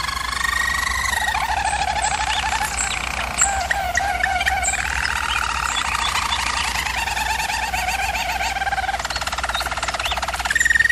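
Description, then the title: German Roller canary song, a dense mix of rolling trills and bubbling tours that change pitch and tempo throughout, with a constant low hum beneath. German Roller canary singing; canary training. "German Roller Canary Singing - Canary Training Vid"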